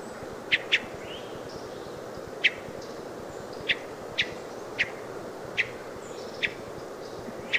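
American robin calling with sharp, high chip notes, single or doubled, repeated irregularly about once a second against a constant low background hum.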